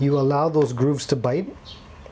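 A replacement plastic golf shoe spike is pushed in by hand into the threaded receptacle in the shoe sole so its grooves can bite, while someone talks throughout and the sound fades to quiet handling at the end. Nothing has seated or clicked yet.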